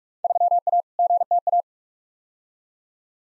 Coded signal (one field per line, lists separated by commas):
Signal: Morse code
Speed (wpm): 44 wpm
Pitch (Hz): 700 Hz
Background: none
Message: 3A GTA